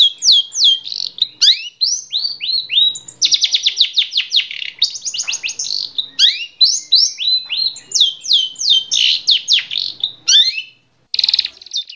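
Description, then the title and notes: Bird singing a rapid, varied medley of high chirps, descending whistled slurs and fast trills, nearly continuous with a brief pause near the end. Birdsong for training pet birds. "Suara Kicauan Burung untuk memaster burung kesayangan"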